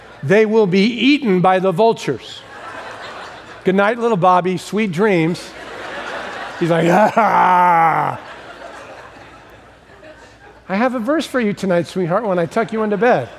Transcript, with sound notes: "They will be eaten by the vultures." "Good night, little Bobby, sweet dreams." He's like. [crying sounds] "I have a verse for you tonight sweetheart, when I tuck you into bed."